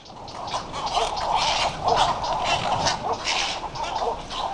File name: Western cattle egret